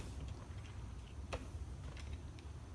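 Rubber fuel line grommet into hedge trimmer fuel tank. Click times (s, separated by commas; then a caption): 1.3 s. A new rubber fuel line grommet is pushed into the plastic fuel tank of an Echo hedge trimmer. Against a low background rumble, a sharp pop is heard at 1.3 s as the grommet seats in the tank, followed by fainter ticks around 2.0 s and 2.4 s.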